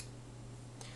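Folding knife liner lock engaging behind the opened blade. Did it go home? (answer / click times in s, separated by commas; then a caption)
yes / 0.8 s. A Blackfox 75 pocket knife has its blade opened, and the bent stainless steel liner-lock spring moves in behind the blade. A short, faint click is heard at 0.8 seconds over a steady low hum. The liner lock seats and holds the blade open.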